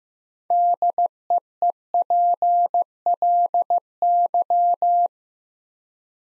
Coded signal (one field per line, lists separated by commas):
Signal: Morse code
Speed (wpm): 15 wpm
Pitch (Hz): 700 Hz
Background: none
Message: DEEPLY